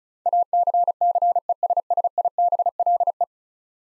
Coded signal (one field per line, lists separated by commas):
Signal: Morse code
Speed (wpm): 36 wpm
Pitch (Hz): 700 Hz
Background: none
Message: ACCESSIBLE